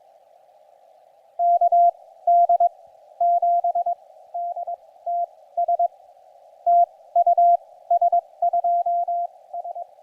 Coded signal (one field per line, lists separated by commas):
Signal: Morse code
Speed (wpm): 22 wpm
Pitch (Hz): 690 Hz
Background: radio noise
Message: KD7DTS TU S2S